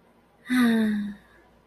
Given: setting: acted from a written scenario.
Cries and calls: vocal sound without words; serenity

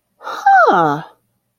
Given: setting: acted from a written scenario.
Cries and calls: vocal sound without words; interest

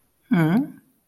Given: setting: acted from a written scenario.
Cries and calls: vocal sound without words; confusion

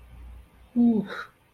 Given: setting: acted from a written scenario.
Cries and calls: vocal sound without words; ecstasy

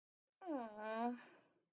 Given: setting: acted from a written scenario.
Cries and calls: vocal sound without words; embarrassment

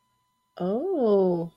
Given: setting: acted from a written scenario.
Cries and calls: vocal sound without words; interest

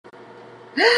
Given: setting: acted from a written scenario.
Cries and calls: vocal sound without words; fear

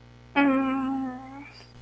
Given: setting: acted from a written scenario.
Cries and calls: vocal sound without words; pain

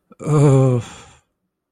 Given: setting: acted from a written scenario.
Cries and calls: vocal sound without words; distress

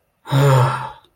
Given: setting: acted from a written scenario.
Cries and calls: vocal sound without words; relief

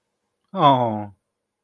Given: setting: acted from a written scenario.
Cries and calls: vocal sound without words; adoration

